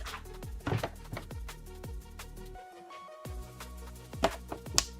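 After several failed tries, a plastic printer part is pushed into its mounting on an ELEGOO Centauri Carbon 2 Combo 3D printer over steady background music, with knocks and taps along the way. A sharp click at 4.8 s marks the part snapping into place, and it is seated.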